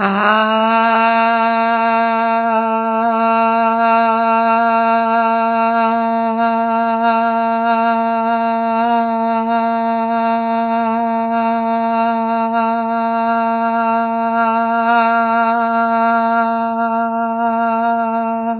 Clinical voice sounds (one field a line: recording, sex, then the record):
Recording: sustained vowel /a/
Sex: female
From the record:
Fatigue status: fatigue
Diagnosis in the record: COVID-19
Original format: 3gp